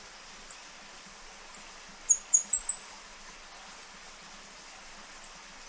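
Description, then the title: Bird giving high, thin chirps, a quick series of about nine sharp notes in the middle, with single isolated notes before and after. "LuckyPassaro Completos2Sama"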